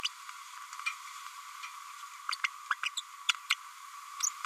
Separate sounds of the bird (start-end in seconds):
0.04-0.08, 2.31-2.36, 2.43-2.48, 2.70-2.75, 2.83-2.89, 2.97-3.01, 3.50-3.55, 4.22-4.31